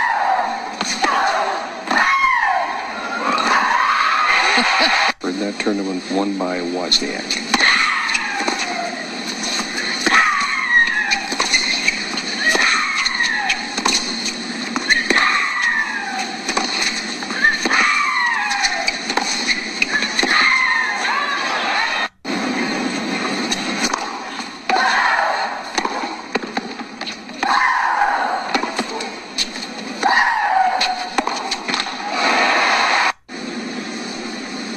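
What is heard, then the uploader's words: Women tennis players cry out with loud shrieks that slide downward in pitch, repeating every second or two in a steady rhythm of hits. Brief silent breaks near 5, 22 and 33 seconds split the sequence into separate stretches. Women's Tennis Cries. Audio samples from women's tennis - performance lecture archive material - Sounding the Mimetic Faculty.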